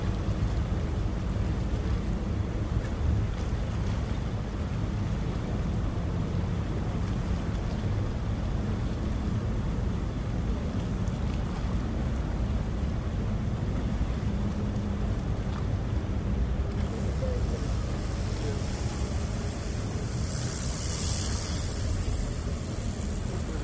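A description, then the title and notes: On Sydney Harbour, a ferry's engine drones steadily, a dense low rumble that holds an even loudness through the whole stretch. From about seventeen seconds a thin, bright hiss rises above it, peaking around twenty to twenty-two seconds before easing. Sydney Harbour. Recorded LIVE between the Harbour Bridge and the iconic Opera House as night falls on Australia’s most well-known place, known as the Emerald City.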